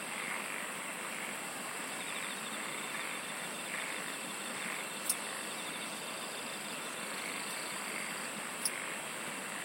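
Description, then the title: Insect chorus, an unbroken hiss of overlapping trills with faint pulsed buzzing and two brief clicks partway through. "SINGING OF INSECTS"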